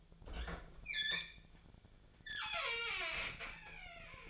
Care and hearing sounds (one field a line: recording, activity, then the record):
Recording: daily activity, microphone in the room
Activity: open fridge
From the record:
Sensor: 5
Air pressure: 1009.8 hPa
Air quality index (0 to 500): 164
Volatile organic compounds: 4 ppm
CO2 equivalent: 1590 ppm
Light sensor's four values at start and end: 104/270/112/119 and 106/274/113/120